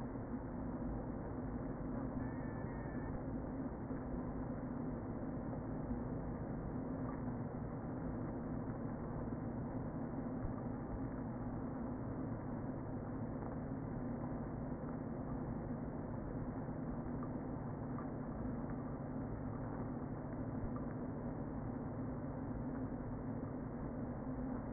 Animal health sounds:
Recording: honeybee colony, microphone inside the hive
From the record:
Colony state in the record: queen present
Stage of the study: before two queens were removed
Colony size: about 60,000 bees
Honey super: yes

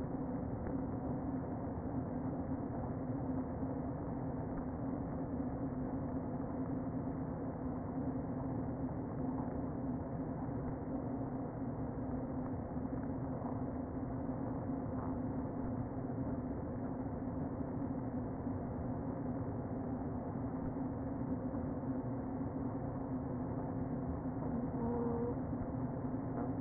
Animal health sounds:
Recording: honeybee colony, microphone inside the hive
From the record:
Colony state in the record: queen present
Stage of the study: before two queens were removed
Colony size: about 60,000 bees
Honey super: yes

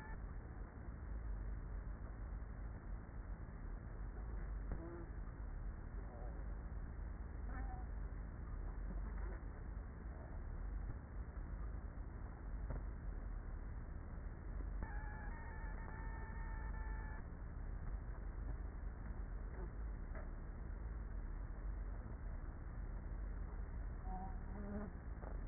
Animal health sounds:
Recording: honeybee colony, microphone inside the hive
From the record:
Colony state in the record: queenless with a low population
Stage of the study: after two queens were removed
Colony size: about 30,000 bees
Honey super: no

